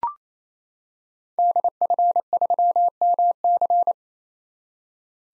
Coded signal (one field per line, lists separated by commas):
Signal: Morse code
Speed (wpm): 28 wpm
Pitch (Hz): 700 Hz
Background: none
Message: DF3MC